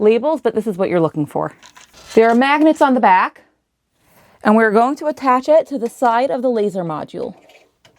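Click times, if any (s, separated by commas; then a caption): none. Someone talks while holding a distance sensor with magnets on its back, about to attach it to the side of the laser module of a LaserPecker LX2 laser engraver. Only faint, brief sounds are heard at the very end, and nothing has seated or clicked yet.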